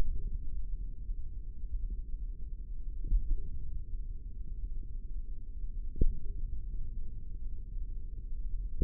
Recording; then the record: forearm muscle sounds (acoustic myography)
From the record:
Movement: finger pinch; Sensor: system 3, bracelet of six PUI Audio POM-2738L microphones around the upper forearm, with dedicated amplification and filtering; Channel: 4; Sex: male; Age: 25 years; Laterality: right